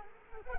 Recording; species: mosquito wingbeat signal from an infrared sensor; Culex quinquefasciatus